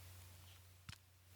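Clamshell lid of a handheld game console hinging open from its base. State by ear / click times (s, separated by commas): released / 0.9 s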